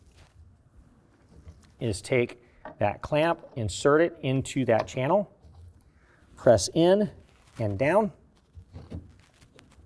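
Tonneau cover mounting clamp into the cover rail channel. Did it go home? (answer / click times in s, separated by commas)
yes / 9.6 s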